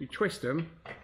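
Someone talks while a metal channel nut fixing is placed inside the channel of an aluminium roof rack rail on a Renault Trafic campervan, ready to be twisted so it locks in place for a light bar install. Only speech is heard over faint handling sounds. Nothing has seated or clicked yet.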